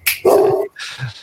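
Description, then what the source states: Dog barking: a short sharp sound, then a loud bark and a softer second bark. Domestic dog, half black lab and half mastiff, barking; said to sound like a massive dog.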